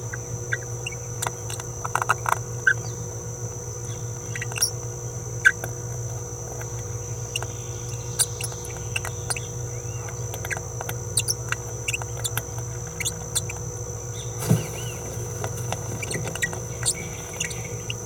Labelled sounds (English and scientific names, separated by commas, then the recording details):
Green-rumped Parrotlet (Forpus passerinus) babbling
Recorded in a nest box in Venezuela
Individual 18B17A3